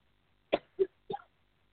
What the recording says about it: I've got a tickle in my throat. She's coughing. It's not the virus.